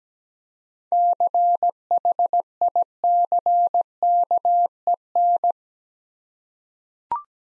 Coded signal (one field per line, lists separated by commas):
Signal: Morse code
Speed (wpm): 17 wpm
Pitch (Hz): 700 Hz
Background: none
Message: CHICKEN